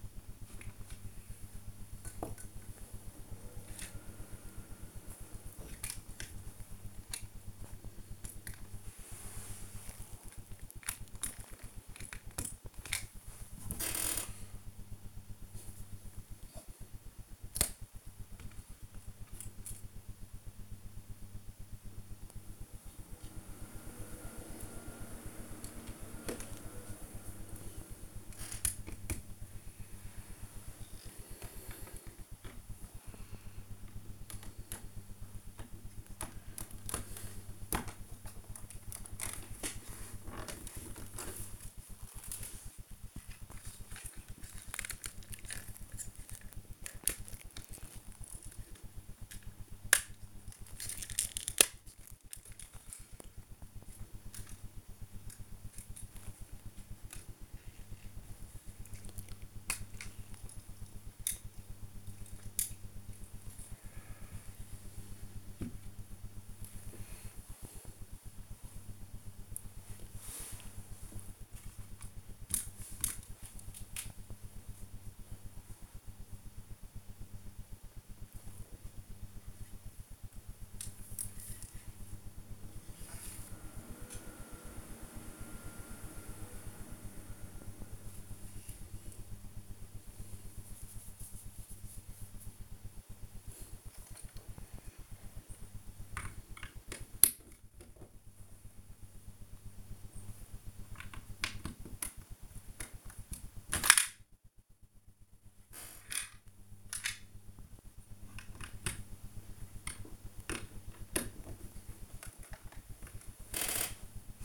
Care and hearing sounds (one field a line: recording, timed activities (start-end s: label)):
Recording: household activities, microphone on the right wrist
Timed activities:
0.00-114.45 s: build with lego